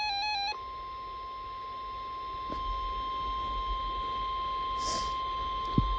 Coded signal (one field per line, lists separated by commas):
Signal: Emergency Alert System (SAME) tones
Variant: 1050 Hz attention tone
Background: music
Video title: My Last Required Weekly Test For 2020 On My New Radio Shack 12-262 :D [EAS #150]